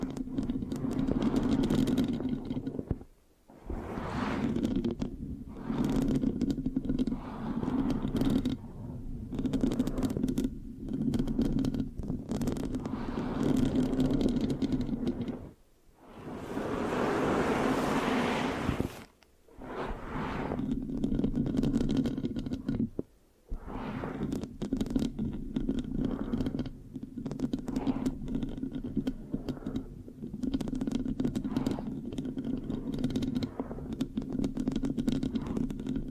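Microphone scratching with a sticky touch, made up of dense, rough rubbing and crackling over a steady low rumble. The texture continues almost without pause, cutting out briefly near 3, 16 and 23 seconds. Around 16 to 19 seconds it turns into a softer, airier hiss.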